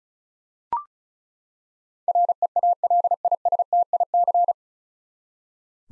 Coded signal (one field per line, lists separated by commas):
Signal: Morse code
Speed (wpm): 36 wpm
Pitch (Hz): 700 Hz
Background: none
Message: REALISTIC